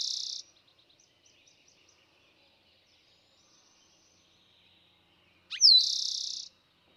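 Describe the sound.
Eastern towhee song, opening on the end of a buzzy trill, then quiet with faint chirps before one full song of brief notes and a long, even trill.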